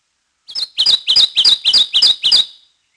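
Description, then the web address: Kentucky Warbler song: a steady chant of seven repeated two-note phrases, rolling and rich, each about a third of a second apart. "Peterson North American Birds. kewa"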